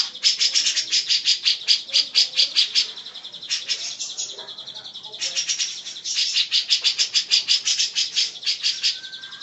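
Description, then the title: Grey-cheeked bulbul producing rapid scratchy chatter in two long runs separated by a quieter middle stretch with a few softer notes. Female. "Cucak Jenggot Betina"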